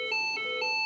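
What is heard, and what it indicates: Automated external defibrillator alert tone: a steady high-pitched electronic tone with stacked harmonics, shifting pitch in alternating steps, sounding after the device prompts the rescuer to press the flashing button, in a test scenario.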